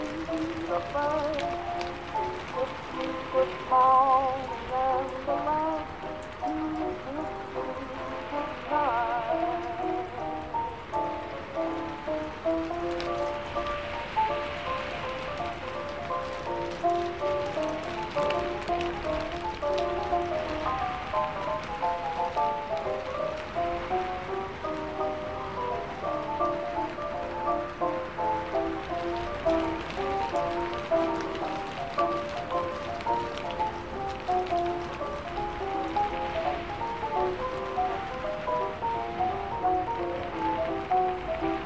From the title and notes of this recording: Oldies playing in another room and it's raining ( it's a great night).